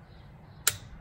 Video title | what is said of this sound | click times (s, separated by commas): Datsun j15 head gasket replacement | then you turn it until it clicks like that and | 0.7 s